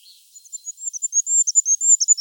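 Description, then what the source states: Goldcrest with a shrill, very high song of fast rhythmic notes rising in loudness to a short ending flourish; background otherwise silent. Birds from Germany, Austria or Switzerland.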